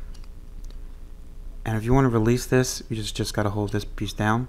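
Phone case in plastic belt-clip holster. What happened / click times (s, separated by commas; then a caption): The plastic clip is handled but has not yet snapped into place / none. An iPhone 13 Pro Max in an Otterbox Defender Pro rugged case sits in its plastic belt-clip holster while the release piece on the holster is held down. A few faint ticks come early on, then someone talks. The clip ends before the part snaps home; nothing has seated or clicked yet.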